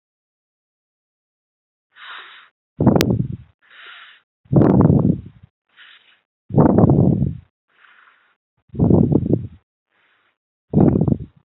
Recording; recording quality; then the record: shallow breathing; excellent, no background noise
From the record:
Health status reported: healthy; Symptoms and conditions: none ticked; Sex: male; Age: 28 years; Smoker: yes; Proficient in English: yes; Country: India